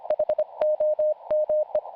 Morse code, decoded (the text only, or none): HOME